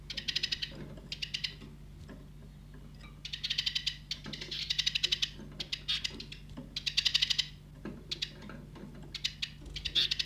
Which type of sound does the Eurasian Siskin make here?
call